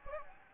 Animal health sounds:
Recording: mosquito wingbeat signal from an infrared sensor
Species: Anopheles gambiae

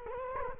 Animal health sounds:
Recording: mosquito wingbeat signal from an infrared sensor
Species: Culex quinquefasciatus

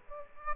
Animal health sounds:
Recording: mosquito wingbeat signal from an infrared sensor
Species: Aedes aegypti

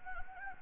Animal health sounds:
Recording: mosquito wingbeat signal from an infrared sensor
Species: Anopheles gambiae

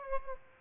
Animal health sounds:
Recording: mosquito wingbeat signal from an infrared sensor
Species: Aedes aegypti

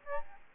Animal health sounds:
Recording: mosquito wingbeat signal from an infrared sensor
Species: Aedes albopictus

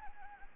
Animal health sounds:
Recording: mosquito wingbeat signal from an infrared sensor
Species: Anopheles arabiensis

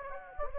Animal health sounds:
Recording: mosquito wingbeat signal from an infrared sensor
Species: Anopheles gambiae

